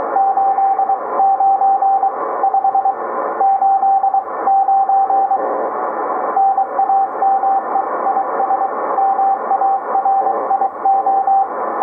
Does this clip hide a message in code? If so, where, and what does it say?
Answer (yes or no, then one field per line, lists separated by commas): yes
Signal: Morse code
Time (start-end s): 0.2-11.4 s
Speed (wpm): 24 wpm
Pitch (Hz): 780 Hz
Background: radio noise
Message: 89 589 NAME IS MARIO